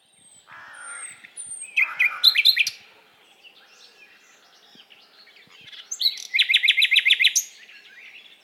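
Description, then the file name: Common nightingale song opening with thin, high whistles, then a rich chattering phrase, a quiet gap, and a fast run of repeated percussive notes. "Luscinia megarhynchos"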